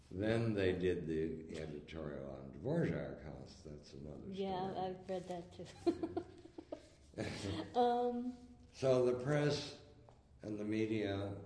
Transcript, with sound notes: Then they did the editorial on Dvorak House, that’s another story.
Yeah, I’ve read that too [laughs]
So the press and the media